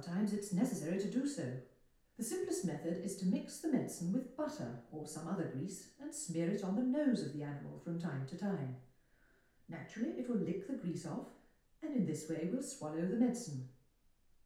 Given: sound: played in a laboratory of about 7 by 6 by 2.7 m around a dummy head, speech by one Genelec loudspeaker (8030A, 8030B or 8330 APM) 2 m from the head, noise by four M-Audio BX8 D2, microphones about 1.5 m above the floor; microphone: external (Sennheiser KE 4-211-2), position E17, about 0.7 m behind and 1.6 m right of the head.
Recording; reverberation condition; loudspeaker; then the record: female speech in English; medium; in front (0 degrees)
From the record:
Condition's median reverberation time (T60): about 510 ms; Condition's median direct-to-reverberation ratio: about -0.5 dB